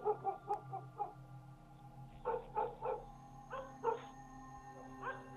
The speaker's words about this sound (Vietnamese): Đến độ nửa đêm, giao thừa đã qua từ lâu. Tiếng chó cắn ma thỉnh thoảng lác đác vang lên ở trong làng.